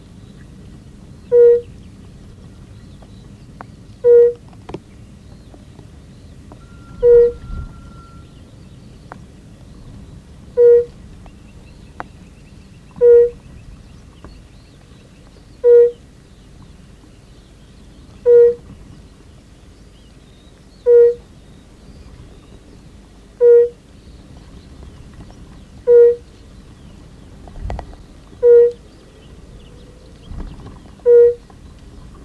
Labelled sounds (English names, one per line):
Fire-Bellied Toad call